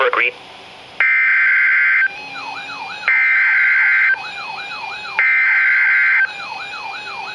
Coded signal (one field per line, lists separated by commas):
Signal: Emergency Alert System (SAME) tones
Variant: header bursts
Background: speech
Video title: Severe Thunderstorm Warning (EAS #864) 6/10/15